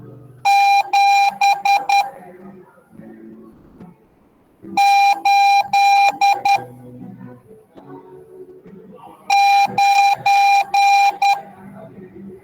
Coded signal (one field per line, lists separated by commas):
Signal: Morse code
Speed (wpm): 10 wpm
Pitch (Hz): 800 Hz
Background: none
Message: 7 8 9